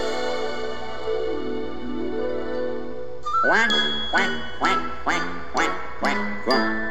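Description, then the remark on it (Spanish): A few seconds of sustained, gliding musical tones give way to a steady, rhythmic run of about six loud, nasal quacks from ducks on a lagoon, each one a short honking burst over the music. “Do mi re do re mi cuac, cuac, cuac. Allá en la laguna cantaban los patos.”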